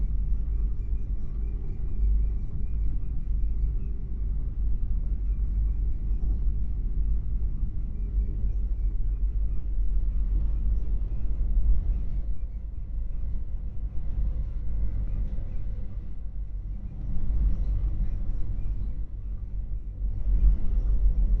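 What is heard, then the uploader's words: A train rumbles along with a steady, heavy low drone that fills the whole 21 seconds. Faint clicks and rattles sit above it, and the sound dips slightly around twelve seconds before swelling again near seventeen and twenty-one. Night train sleeper. As the train pulls out of Penzance station, you begin to hear the rumble. A sturdy, rounded edges sort of rumble, a cacophony, of gently juddering low frequency vibrations. The sound is, dark, and velvety.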